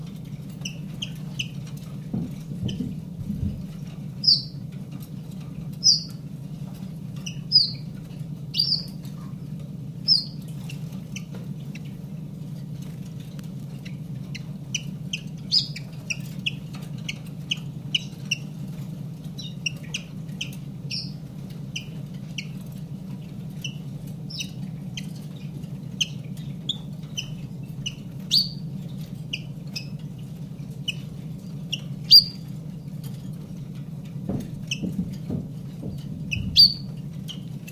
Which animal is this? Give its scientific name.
Phylloscopus collybita